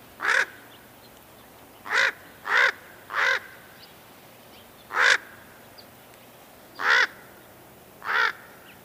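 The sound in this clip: Raven calls: seven short, sharp caws at irregular intervals, three in quick succession, against a faint background hiss.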